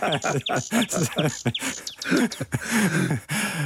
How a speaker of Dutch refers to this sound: We gaan nu luisteren naar een Zeeuwse nachtegaal. En wat is de Zeeuws aan deze nachtegaal? Nou, dat hoor je toch? Dat hoor je toch?